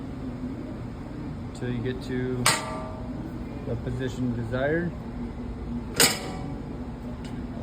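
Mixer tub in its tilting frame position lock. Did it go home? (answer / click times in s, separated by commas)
yes / 6.0 s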